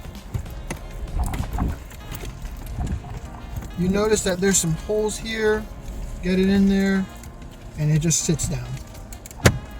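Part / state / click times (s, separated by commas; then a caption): plastic center console trim clips into console / seated / 9.5 s. A plastic center console trim piece on a 2015 Lexus IS is set down into the console during a 10.25-inch Android head unit upgrade while someone talks, with soft handling knocks and light rustling in the background. A short burst of clicks follows near the end as the trim's clips are pressed in, with the loudest sharp click at 9.5 s as it seats.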